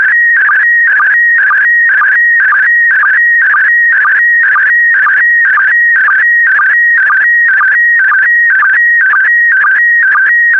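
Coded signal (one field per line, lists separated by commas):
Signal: SSTV (slow-scan television)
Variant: PD120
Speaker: complete. You can now check your decoded image against the picture that is shown on the video.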